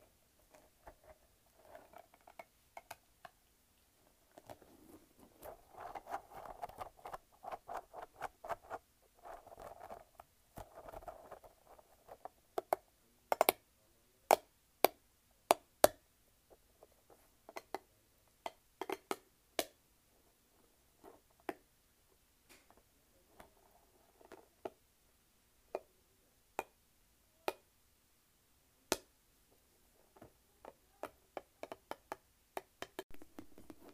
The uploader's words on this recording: ASMR Light-Up Spiky Ball.